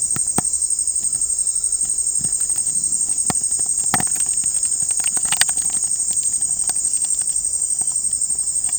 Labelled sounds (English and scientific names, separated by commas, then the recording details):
none
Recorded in dense forest near Puerto Asís, Putumayo, Colombia, on 15 December 2024 at 17:00
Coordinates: 0.499, -76.324
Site G045